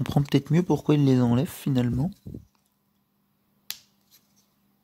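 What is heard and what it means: Someone talks, then the right-side plastic panel of the cockpit of a 1/43 scale Altaya Star Wars Millennium Falcon model kit is pressed onto the cockpit. A single sharp snap is heard at 3.7 s, followed by a couple of faint ticks. The panel is seated in place.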